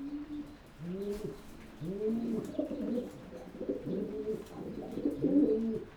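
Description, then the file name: Pigeon cooing in short, low bursts, several overlapping arched coos rising and falling. "holub"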